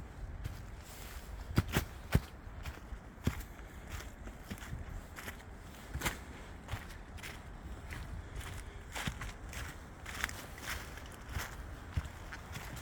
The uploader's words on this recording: 1 minute from the trail; this was from Harold Parker State Forest.